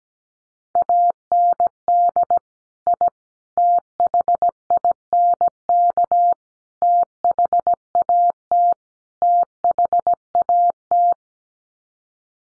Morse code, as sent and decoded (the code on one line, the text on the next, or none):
.- -. -.. / .. / - .... .. -. -.- / - .... .- - / - .... .- -
AND I THINK THAT THAT